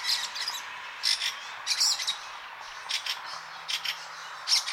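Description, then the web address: Fieldfare song, a few scattered squeaky, chattering notes in short bursts separated by pauses, with a faint low hum briefly near the end. "chant xeno-canto grive litorne"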